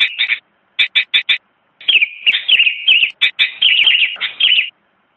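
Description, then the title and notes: Sooty-headed bulbul song beginning with a few clipped separate chirps, then flowing into a fast, twittering stream of high warbled notes. Presented as a complete masteran track, birdsong used for training songbirds. "Burung Kutilang. Kicau Burung Masteran Lengkap"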